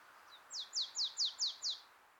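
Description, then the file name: Marsh tit calling with a quick series of six sharp, high downslurred notes, evenly spaced about five per second, after a faint soft opening note. "Poecile palustris"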